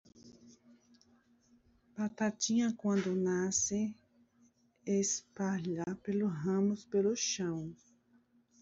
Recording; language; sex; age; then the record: short text; Brazilian Portuguese; female; 30 to 39 years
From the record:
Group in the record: control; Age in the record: 37 years